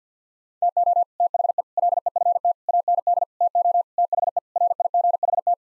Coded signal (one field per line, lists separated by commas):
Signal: Morse code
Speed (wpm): 50 wpm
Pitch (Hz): 700 Hz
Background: none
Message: TO THE LEFT AND TO THE RIGHT